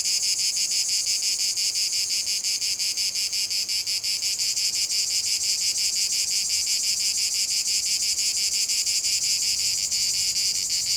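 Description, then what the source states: Cicada song, an unbroken high metallic buzz with quick rhythmic throbbing. Cicadas in a field at Domaine de la Sablière, Saint-Privat-de-Champclos, France; recorded with a Zoom H6 and M/S microphone.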